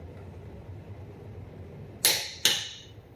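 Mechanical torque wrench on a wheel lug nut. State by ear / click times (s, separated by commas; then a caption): torque reached / 2.0 s. A mechanical click-type torque wrench set to 90 foot-pounds tightens a lug nut on a car wheel. Over a low background rumble, a sharp click comes at 2.1 s, followed by a second sharp click at 2.5 s. The wrench clicks, confirming the lug nut has reached 90 foot-pounds.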